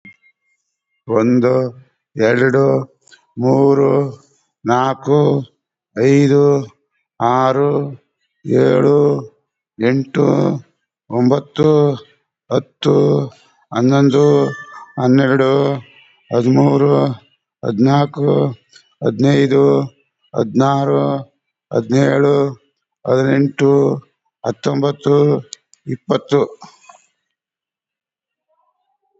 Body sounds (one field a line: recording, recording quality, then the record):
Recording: counting at a normal pace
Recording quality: excellent, no background noise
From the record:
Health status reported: COVID-19 positive, mild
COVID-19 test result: positive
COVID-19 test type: RT-PCR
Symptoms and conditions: cough, sore throat, muscle pain, hypertension, another condition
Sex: male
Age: 65 years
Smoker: no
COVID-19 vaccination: one dose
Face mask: worn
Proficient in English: no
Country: India